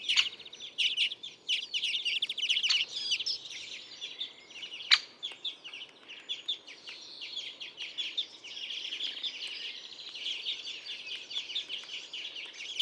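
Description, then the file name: European greenfinch calls: a busy twittering chatter, stronger early and then softer and steadier, with scattered sharp clicks, including one loud click near the middle. "Chloris chloris"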